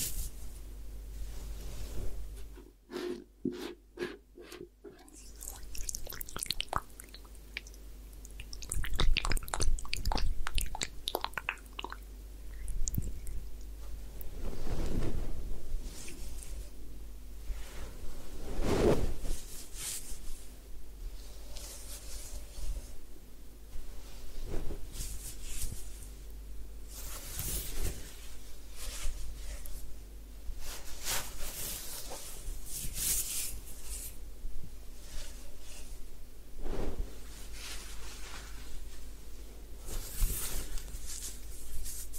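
Hair wash and scalp massage sounds: soft, uneven rubbing and scratching that swell and fade in short bursts throughout. A quick run of fine crackling ticks appears near the start, and brighter sweeps stand out around 15, 19, 27 and 37 seconds over a low steady hum.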